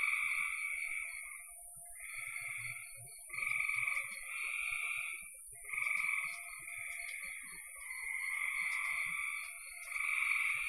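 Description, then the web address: Frogs trilling in repeated bursts of one to two seconds that overlap and swell, backed by a steady shrill whine and a few faint low knocks. "cn frogs"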